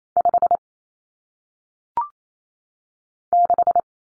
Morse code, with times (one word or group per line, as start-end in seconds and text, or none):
0.2-0.6 5
3.3-3.8 6